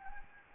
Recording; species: mosquito wingbeat signal from an infrared sensor; Anopheles gambiae